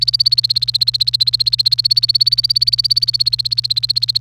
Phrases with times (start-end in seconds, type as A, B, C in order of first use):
0.00-4.21 A